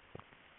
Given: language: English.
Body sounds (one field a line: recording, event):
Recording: throat vibration sensor signal played as sound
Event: swallow